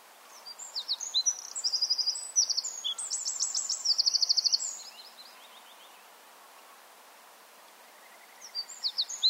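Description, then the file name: Eurasian wren, a vigorous high-pitched song of rapid trills and rattles for about four seconds over a faint background hiss, with another phrase starting at the end. "Troglodytes troglodytes"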